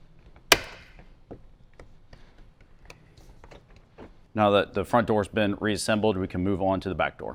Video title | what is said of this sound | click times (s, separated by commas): Kicker 6 Speaker Plug & Play Upgrade Bundle Install (Part One) - 2003 - 2009 Toyota 4Runner | you'll hear it snap in | 0.5 s